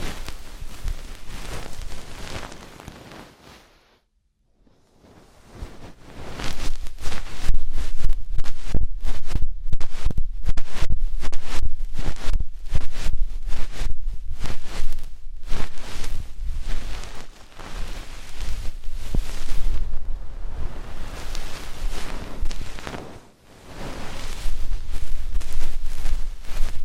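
Muffled scraping and rustling from ear cleaning. The scratchy strokes come in dense, fast bursts with a heavy low rumble underneath, broken by near silence around 4 to 6 seconds and again briefly near 23 seconds.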